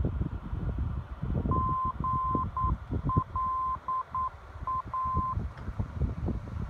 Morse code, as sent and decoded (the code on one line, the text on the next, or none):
--. .-.. .-
GLA